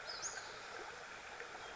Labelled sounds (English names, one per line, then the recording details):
Western Flycatcher
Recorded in Sonoma County, California